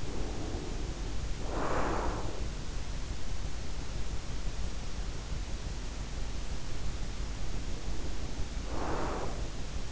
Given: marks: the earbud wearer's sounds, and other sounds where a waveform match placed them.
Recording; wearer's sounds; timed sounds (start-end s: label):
sounds in sleep by an in-ear microphone; breath
0.00-2.56 s: breath
7.37-9.71 s: breath